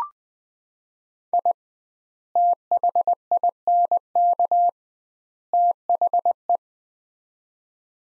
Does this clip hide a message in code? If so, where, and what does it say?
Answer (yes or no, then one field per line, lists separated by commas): yes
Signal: Morse code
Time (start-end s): 1.3-6.6 s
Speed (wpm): 21 wpm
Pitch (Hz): 700 Hz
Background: none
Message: I THINK THE